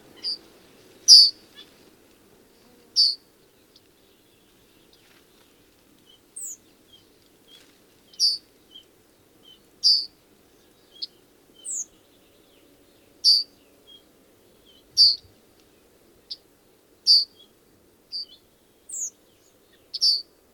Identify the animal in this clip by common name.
Yellowhammer